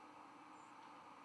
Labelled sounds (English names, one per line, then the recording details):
White-throated Sparrow flight call
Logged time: 04:13 on 11 November 2014